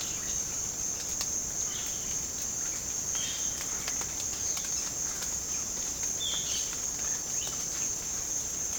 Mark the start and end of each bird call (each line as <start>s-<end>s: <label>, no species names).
1.64s-2.16s: bird call
3.13s-3.68s: bird call
6.20s-6.62s: bird call